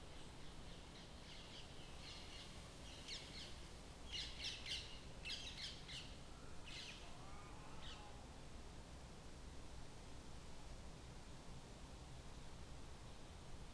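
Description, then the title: Parakeets screeching in rough clustered bursts through the first half, against constant low background noise. Flock of parakeets in the Talmastraat neighbourhood, Amsterdam, Netherlands, in summer; large groups sitting in trees, moving from tree to tree and flying fast along the street. "Talmastraat, Amsterdam, Nederland - Parkieten/ Parakeets"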